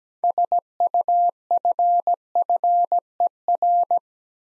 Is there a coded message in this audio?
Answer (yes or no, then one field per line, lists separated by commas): yes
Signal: Morse code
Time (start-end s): 0.2-4.0 s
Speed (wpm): 17 wpm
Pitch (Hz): 700 Hz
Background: none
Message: SUFFER